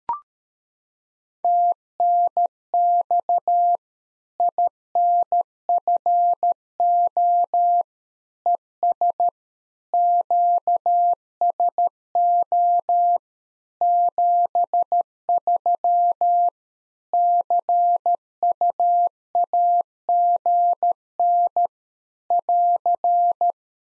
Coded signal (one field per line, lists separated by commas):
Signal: Morse code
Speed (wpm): 13 wpm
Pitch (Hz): 700 Hz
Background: none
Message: TNX INFO ES QSO 73 CUAGN <AR>